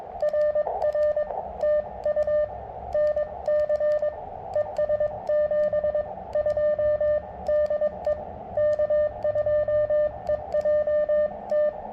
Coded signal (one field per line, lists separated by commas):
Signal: Morse code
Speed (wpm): 21 wpm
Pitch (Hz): 590 Hz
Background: radio noise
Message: RR TU NC ES 72 DE K2EJT